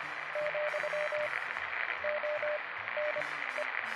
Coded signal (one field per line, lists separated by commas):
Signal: Morse code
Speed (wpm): 25 wpm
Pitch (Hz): 600 Hz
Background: radio noise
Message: , ONE